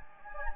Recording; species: mosquito wingbeat signal from an infrared sensor; Anopheles gambiae